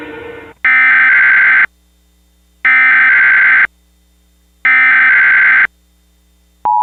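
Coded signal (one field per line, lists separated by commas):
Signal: Emergency Alert System (SAME) tones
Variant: header bursts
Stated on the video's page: Mock Required Weekly Test on a cable system with attention tones, using a recreated DASDEC-II screen; contains valid tones.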